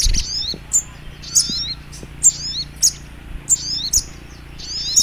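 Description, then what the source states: Little Spiderhunter singing high, clipped, downslurred chirps in short bursts repeated several times, with soft low rumbling beneath. Labelled 'labaik'; training recording (masteran).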